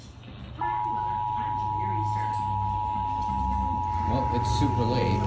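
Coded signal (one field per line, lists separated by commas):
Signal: Emergency Alert System (SAME) tones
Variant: 853 and 960 Hz attention tone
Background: speech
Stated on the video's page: EAS test in Washington state.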